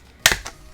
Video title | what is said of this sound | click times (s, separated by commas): iPhone Xs Max OtterBox Defender Series Black Review | should hear it click which indicates that it pops out okay | 0.3 s